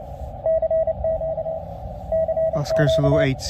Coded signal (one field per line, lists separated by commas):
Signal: Morse code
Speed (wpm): 30 wpm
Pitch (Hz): 650 Hz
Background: speech, radio noise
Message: CQ CQ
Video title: Understanding Amateur Radio and Morse Code